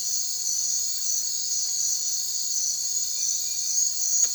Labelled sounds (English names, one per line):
none